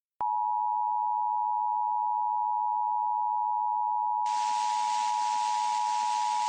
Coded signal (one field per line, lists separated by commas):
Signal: Emergency Alert System (SAME) tones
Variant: 853 and 960 Hz attention tone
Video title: EAS Historical: AA flight 587